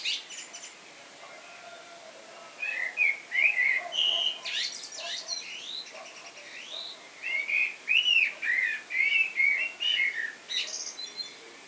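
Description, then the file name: Common blackbird song: rich warbled whistles mixed with high scratchy twitters, two main bursts of phrases separated by a brief lull. "Turdus merula"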